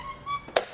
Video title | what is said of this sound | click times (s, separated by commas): etrailer - Fit Test: Yakima RidgeBack Bike Rack for 2 Bikes with 2017 Kia Sportage | it back in place simply lift up until it snaps in and then | 0.6 s